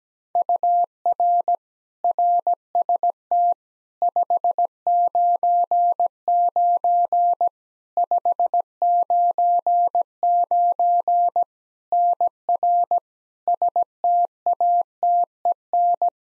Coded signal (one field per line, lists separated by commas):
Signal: Morse code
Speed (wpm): 17 wpm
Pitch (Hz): 700 Hz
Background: none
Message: UR RST 599 599 NR STATEN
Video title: Practice QSO - Exchange 1- Beginning - 17wpm